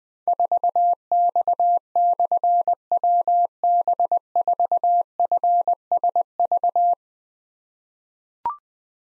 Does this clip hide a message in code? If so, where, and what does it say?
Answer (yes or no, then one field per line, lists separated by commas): yes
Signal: Morse code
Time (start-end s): 0.3-6.9 s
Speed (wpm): 21 wpm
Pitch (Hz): 700 Hz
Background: none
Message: 4X/WB4FSV